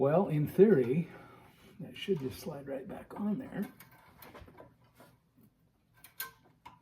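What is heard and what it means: Someone talks while sliding a wire connector back onto the new ignition coil terminal of a snowblower engine, where two small plastic clips on the connector's sides are meant to snap over a ring on the terminal. Speech fills the first four seconds, then a few faint handling taps follow, around 4.2 s and between 6.0 and 6.7 s. The connector has not seated or clicked yet.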